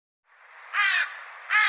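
Bird with a rough rising build-up into two loud, hoarse caws, the second cut short at the end.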